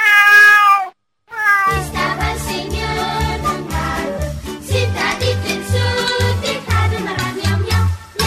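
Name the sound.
cat meowing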